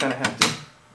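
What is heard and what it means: During reassembly of an AMD-65 rifle, the bolt carrier with its gas piston is set at the rear of the steel receiver, ready to be pushed down into the receiver grooves. Someone talks over brief metallic handling noises around 0.2 and 0.4 seconds that then fade. Nothing has seated or clicked yet.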